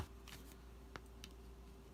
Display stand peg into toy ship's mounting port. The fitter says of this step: just like other Hot Wheels ships comes with a cool stand peg it into port like so hear that click and you're